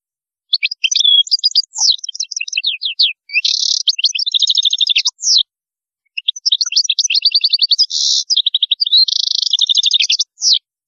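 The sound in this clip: European goldfinch song: two bursts of rapid tinkling twitters mixed with short buzzy trills, separated by a brief pause; no other sounds.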